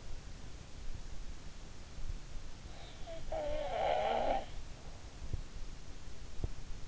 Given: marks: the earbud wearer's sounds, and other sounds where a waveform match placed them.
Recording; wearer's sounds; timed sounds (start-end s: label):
sounds in sleep by an in-ear microphone; snoring breath
2.99-4.52 s: snoring breath